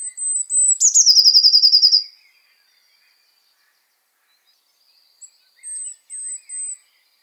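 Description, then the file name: Eurasian blue tit, a fast silvery trill that fades out, then after a pause three thin high whistled notes. "Cyanistes caeruleus"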